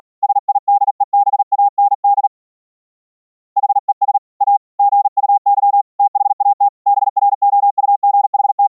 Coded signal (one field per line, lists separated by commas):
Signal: Morse code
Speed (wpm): 48 wpm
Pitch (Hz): 810 Hz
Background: none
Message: SIDEBAND HES A GUY THAT BROUGHT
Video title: using GASSiAN NOiSE CW notes for sending Morse Code over iCW on Mumble - CW regenerated on mumble RX